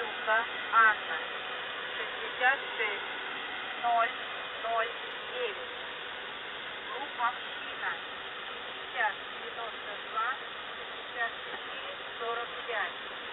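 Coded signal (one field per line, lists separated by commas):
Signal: coded military voice message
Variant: Squeaky Wheel, Russian voice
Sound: short clipped spoken syllables at spaced intervals over steady radio hiss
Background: radio static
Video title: ⚠ The Squeaky Wheel | 16th November 2023 | 4 Digit Callsign Monolith Voice Message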